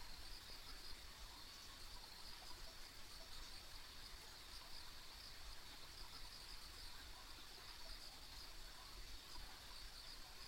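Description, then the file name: Insect chorus of continuous high trilling, even and unbroken, with a faint higher hiss and low constant background noise. Ambient insect sounds on a country road. "田舎道の虫の環境音"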